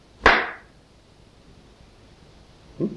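One sharp, loud hand clap with a crisp, bright snap that fades quickly, followed by quiet and a faint soft thump near the end. Nobody speaks.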